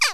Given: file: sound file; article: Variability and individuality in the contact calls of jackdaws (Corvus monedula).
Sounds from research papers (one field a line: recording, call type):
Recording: jackdaw call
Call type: harmonic